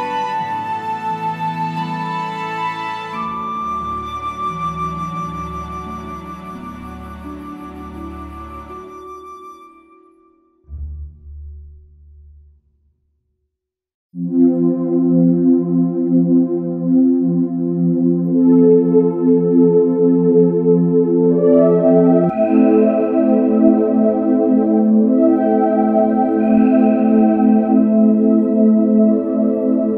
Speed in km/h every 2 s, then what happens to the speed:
18, 16, 15, 15, 11, 11, 11, 11, 11, 11, 10, 8, 6, 6, 10.
0-7 slows to 11. 7-30 steady at about 11.